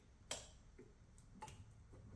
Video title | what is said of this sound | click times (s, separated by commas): How to install a steering wheel on C6 Corvette | You can feel it click. It's already in, | 0.3 s